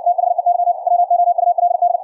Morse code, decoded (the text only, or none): THEY WOULD